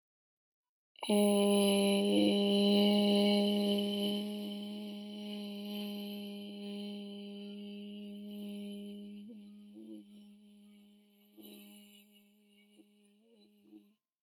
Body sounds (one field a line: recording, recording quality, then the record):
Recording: sustained vowel as in made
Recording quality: excellent, no background noise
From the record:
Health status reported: exposed to COVID-19, no respiratory illness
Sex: female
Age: 18 years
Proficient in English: yes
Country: Canada